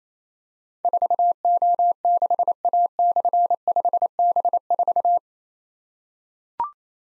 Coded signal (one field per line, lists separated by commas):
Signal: Morse code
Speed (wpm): 27 wpm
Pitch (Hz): 700 Hz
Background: none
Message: 4O6A/5B4